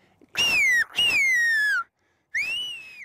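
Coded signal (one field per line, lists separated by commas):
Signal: whistled language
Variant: Aas whistled Occitan (Gascon)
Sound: three loud gliding whistled phrases, falling then rising pitch, brief gaps between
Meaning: Philippe, I am here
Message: Philippe je suis là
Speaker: il m'a dit Tho tu es là et je vais lui répondre k Philippe je suis là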